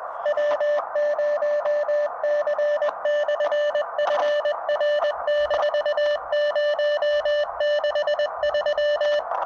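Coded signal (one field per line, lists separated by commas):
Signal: Morse code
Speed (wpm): 21 wpm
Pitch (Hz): 590 Hz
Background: radio noise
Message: W0C/FR-063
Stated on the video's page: Morse from a Summits On The Air expedition to Antelope Mountain.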